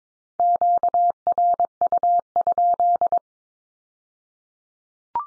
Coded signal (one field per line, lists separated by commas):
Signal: Morse code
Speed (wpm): 22 wpm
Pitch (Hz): 700 Hz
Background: none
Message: QRU?